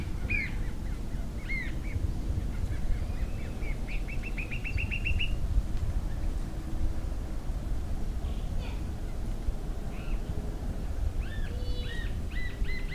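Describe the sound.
Green-tailed jacamar calls: clipped high notes, a quick trilled run of peeps, then scattered sharp notes after a pause, over constant low background noise.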